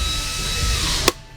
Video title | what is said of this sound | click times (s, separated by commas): 2009-2015 Ram series trucks USB/multimedia hub removal | slide it in until you finally hear it snap in place and you might even hear four snaps | 1.1 s